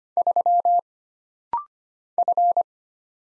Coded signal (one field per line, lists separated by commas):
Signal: Morse code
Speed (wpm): 25 wpm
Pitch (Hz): 700 Hz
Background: none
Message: 3 F